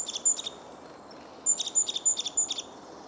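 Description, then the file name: Great tit calling: two quick bursts of sharp, high ringing notes, the second a run of four, with constant background hiss. "Parus major"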